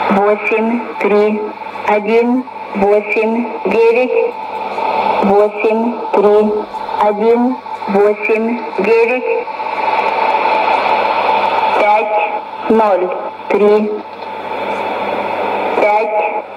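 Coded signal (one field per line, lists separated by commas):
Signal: numbers station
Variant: S06s, Russian female voice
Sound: female voice reading short words at an even pace over radio hiss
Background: radio static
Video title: 21 09 2016 Number station S06s Russian Lady to Eu 0834 on 9255 unknown tx site CUSB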